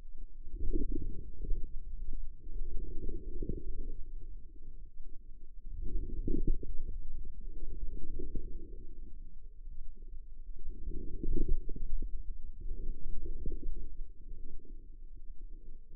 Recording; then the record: forearm muscle sounds (acoustic myography)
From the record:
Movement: outward rotation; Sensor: system 2, bracelet of six BSWA MPA416 microphones around the upper forearm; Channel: 1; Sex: female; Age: 25 years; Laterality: right